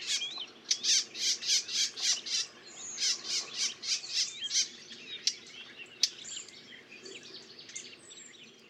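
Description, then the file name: Eurasian blackcap giving hard, clicking tack calls in a quick series for several seconds, then slowing and fading into scattered single ticks. "Sylvia atricapilla"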